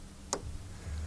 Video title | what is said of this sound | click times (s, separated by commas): Merits Silverado 941A - How to Unbox and Assemble | So they're both snapped in, okay? | 0.3 s